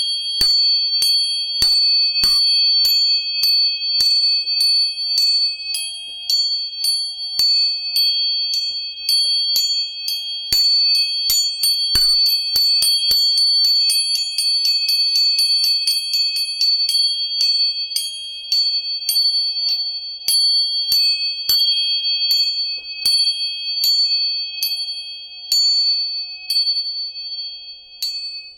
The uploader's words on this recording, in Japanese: 音叉チューニング3本。